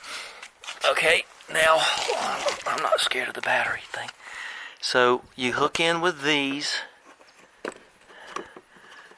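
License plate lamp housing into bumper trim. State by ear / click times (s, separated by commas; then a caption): seated / 8.4 s. Someone talks while fitting the plastic license plate lamp housing of a BMW into the bumper trim, hooking it in at one end and pushing it home. A sharp, healthy click at 8.4 s shows the lamp housing has snapped fully into place.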